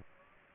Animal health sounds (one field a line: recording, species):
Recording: mosquito wingbeat signal from an infrared sensor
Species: Aedes aegypti